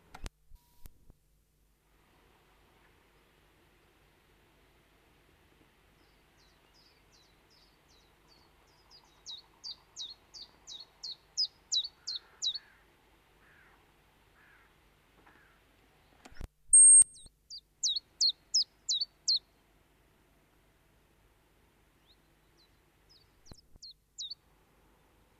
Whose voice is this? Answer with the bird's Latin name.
Phylloscopus collybita